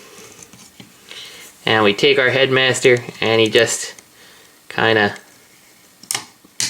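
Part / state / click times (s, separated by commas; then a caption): small figure into head socket of toy robot / seated / 6.1 s, 6.6 s. Someone talks while a small plastic Headmaster figure is pressed into the neck socket of a larger plastic robot figure to become its head. Sharp clicks at 6.1 s and 6.6 s mark it popping into place, seated though a bit loose.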